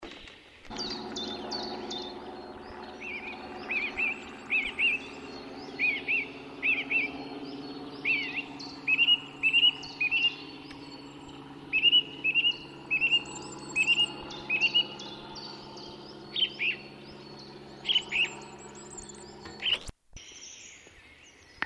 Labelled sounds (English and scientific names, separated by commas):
Song Thrush (Turdus philomelos) song